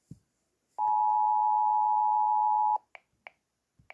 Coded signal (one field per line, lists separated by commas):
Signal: Emergency Alert System (SAME) tones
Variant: 853 and 960 Hz attention tone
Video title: Rating EAS alarms from other countries